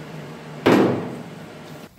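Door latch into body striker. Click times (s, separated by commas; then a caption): 0.7 s. A steel door on a 1953 Chevrolet 3100 pickup body, under bodywork, is swung shut so its latch meets the body striker. A single loud slam-like hit lands at 0.7 s, then decays over the next second. The latch clicks shut.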